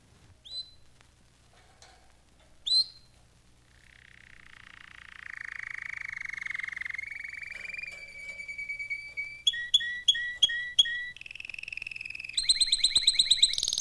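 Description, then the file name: Canary song opening with a few sparse chirps, then long steady whistled tones that step upward in pitch before breaking into quick, bright trills. Solo songs by three individual canaries. "Virginia Belmont - Billie - Dick - Duke (Canary Solos)"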